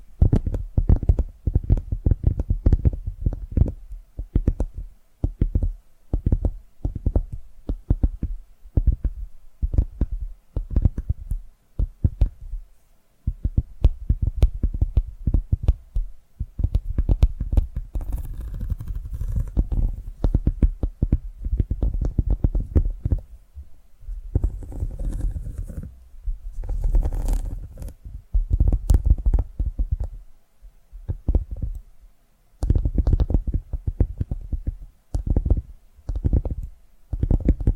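ASMR tapping made of quick, muffled thumps that sit low and dull, coming in dense fast runs with brief pauses near 13 and 32 seconds. Around 18 and 26 seconds a lighter crackling, brushing texture rises over the steady thudding.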